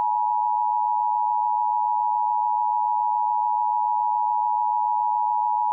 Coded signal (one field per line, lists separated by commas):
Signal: Emergency Alert System (SAME) tones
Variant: 853 and 960 Hz attention tone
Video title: EAS Remake: Flash Flooding In Alabama